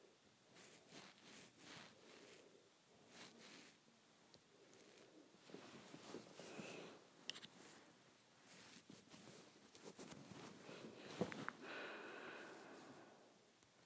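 Hair is handled, giving soft, rustling swishes that come in uneven bursts and strokes. The sound is airy and brushing, growing denser and a little louder after the midpoint, with a couple of sharp little clicks near seven and eleven seconds.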